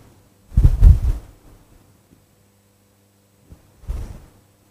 This is S1, systolic murmur. This is a case of a patient with systolic murmur, split S2 and opening snap of the mitral valve.